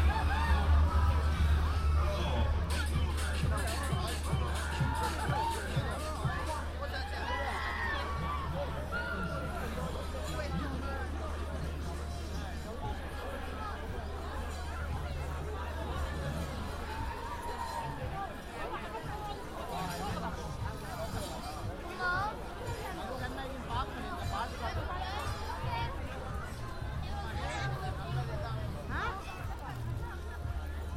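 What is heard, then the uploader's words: A walk in Hyde Park toward the winter carnival fills with dense crowd chatter and overlapping voices, plus a steady low rumble throughout. A binaural field recording in Hyde Park, walking from just outside the Serpentine to the winter carnival.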